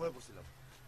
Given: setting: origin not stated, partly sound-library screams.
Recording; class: one-second piece from a danger detection set; normal situation